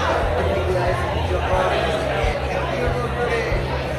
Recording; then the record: background sound without coughing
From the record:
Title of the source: CITY SOUNDS Busy Bar in the Evening Night - 2 HOURS of Ambiance for Relaxation